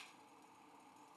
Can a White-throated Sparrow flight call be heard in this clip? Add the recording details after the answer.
no. No flight call is heard. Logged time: 05:50 on 5 December 2014